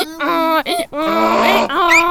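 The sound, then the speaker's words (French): A person imitates a donkey's bray with loud, strained vocal bursts, a harsh rising and falling hee-haw pattern repeated in a few pulses over about two seconds. “Moi, je sais faire l'âne, par contre.”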